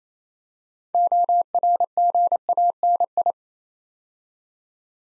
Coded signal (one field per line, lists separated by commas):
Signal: Morse code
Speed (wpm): 27 wpm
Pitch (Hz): 700 Hz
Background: none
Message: ORGANI